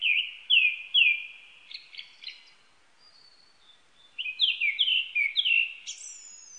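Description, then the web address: Japanese thrush song: three clear repeated whistled phrases, softer notes, a short pause, then another repeated series ending in a high thin note. Recorded 19 April 1998. "1998 980419 kurotugumi"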